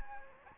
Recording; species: mosquito wingbeat signal from an infrared sensor; Anopheles gambiae